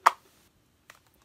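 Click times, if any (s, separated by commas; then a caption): none. The plastic lid of a new, slightly stiff ink stamp pad case is handled: pulled back and flipped over, a design meant to click into place rather than be pushed down on dots like the old one. Three short, sharp taps sound near the start, middle and end of the quiet clip. Nothing has seated or clicked shut yet.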